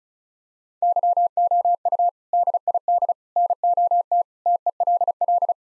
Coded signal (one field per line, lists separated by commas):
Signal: Morse code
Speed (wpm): 36 wpm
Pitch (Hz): 700 Hz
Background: none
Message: YOU DID NOT TELL